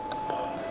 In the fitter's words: and connect you're going to hear click click and going to connect the other one you're also going to feel or hear a click